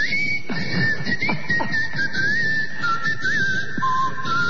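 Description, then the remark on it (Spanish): A person whistles a long, unbroken call whose pitch wavers, dipping and lifting slightly as it goes, over a steady low rumble with a few soft knocks. “¿Acaso usted le enseñó un chiflido característico?”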